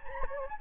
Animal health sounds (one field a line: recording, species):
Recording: mosquito wingbeat signal from an infrared sensor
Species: Anopheles gambiae